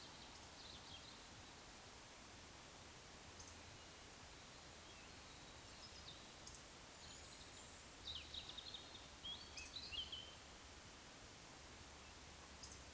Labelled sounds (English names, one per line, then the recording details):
Eurasian Woodcock whistle
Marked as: whistle, whistle, whistle, whistle, whistle
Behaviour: display flight
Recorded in Baden-Württemberg, Germany, on 19 June 2020 at 19:35 UTC
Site 49006, 684 m above sea level